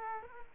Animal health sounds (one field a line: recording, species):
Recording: mosquito wingbeat signal from an infrared sensor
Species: Aedes aegypti